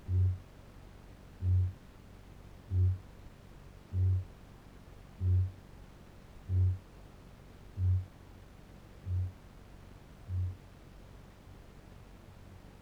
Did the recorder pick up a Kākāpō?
yes